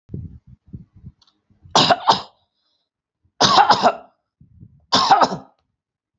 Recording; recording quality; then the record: heavy voluntary cough; excellent, no background noise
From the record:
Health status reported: healthy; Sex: male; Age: 32 years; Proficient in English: yes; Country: India